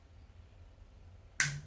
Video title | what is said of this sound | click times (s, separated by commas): Steering head bearing replacement GSXR750 Ft. Tool Girl Sarah #1510 | try one when you're doing it just try and go nice and slow wait for the click because quite | 1.4 s